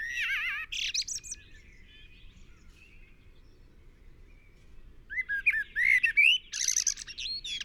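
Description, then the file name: Common blackbird song: a fluting low warbled phrase ending in a high squeaky twitter, then a pause and another mellow whistled phrase with a scratchy flourish. "Turdus merula"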